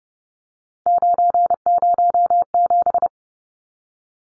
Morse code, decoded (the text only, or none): 907